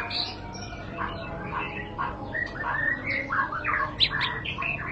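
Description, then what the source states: White-rumped shama song: rapid, varied phrases of whistles, harsh chips and short trills, tumbling on without pause above a faint constant hiss. Lure recording (pancingan) of a classy white-rumped shama song, much sought after as tutoring material (masteran) for training caged birds.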